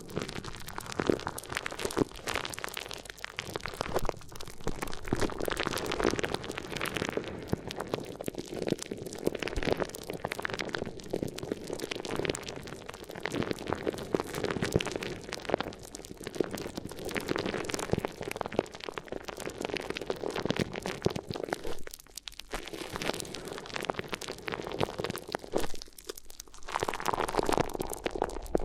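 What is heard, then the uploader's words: Crinkly ear massage sounds fill the recording with a dense, continuous crackling and rustling, full of quick sharp snaps over a soft low rumble. The texture barely lets up, with only brief quieter gaps around 22 and 26 seconds. ASMR Addictive Crinkly Ear Massage (No Talking).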